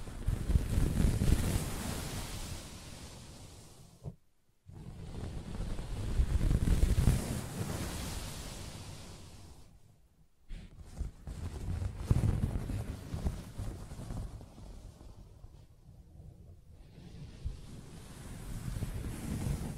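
Scratching and rubbing on a soft fabric surface, heard as dense, rough swishing with a heavy low rumble. It comes in long swelling strokes that fade, broken by short silences near four and ten seconds, then restarting and continuing unevenly to the end.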